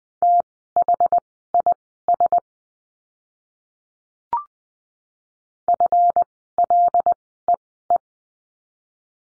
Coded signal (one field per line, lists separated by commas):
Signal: Morse code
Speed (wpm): 20 wpm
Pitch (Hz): 700 Hz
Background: none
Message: THIS FLEE